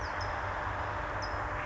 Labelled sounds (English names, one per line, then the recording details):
California Towhee
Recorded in Sonoma County, California